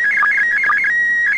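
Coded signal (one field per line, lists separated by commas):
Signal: SSTV (slow-scan television)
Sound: warbling tone jumping between pitches, brief low blips, then a steady held tone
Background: radio static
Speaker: here we go look at that signal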